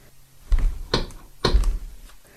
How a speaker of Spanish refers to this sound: y mientras pensaba qué hacer, escuchó que alguien tocaba la puerta de su casa.